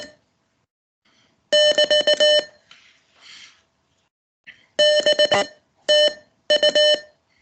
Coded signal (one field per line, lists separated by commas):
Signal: Morse code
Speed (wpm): 19 wpm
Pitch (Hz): 600 Hz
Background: none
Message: <BT> BTU